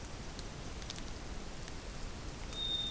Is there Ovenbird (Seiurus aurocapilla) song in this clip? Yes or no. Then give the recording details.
no. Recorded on 2 June 2016 at 08:30. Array SBT-3-7